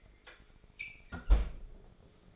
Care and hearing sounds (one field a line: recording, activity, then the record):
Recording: daily activity, microphone in the room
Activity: close fridge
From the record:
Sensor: 5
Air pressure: 1004.7 hPa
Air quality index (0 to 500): 162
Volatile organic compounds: 3 ppm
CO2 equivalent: 1529 ppm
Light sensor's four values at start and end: 21/48/19/18 and 19/44/17/16